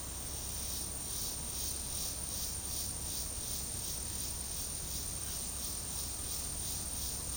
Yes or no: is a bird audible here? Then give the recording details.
no. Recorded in secondary vegetation near Puerto Asís, Putumayo, Colombia, on 19 February 2024 at 11:30. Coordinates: 0.489, -76.322. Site G6419